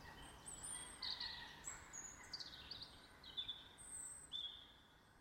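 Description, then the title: Birdsong of short high whistles and chirps, spaced notes throughout over a soft steady hiss. Birds singing in a garden. "Birds Sounds in the Garden"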